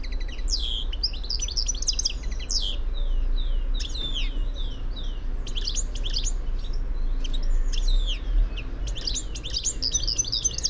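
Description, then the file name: European goldfinch twittering in bursts, clusters of bright chattering notes and short slurred trills coming every couple of seconds, with a constant low background hum. "Carduelis carduelis"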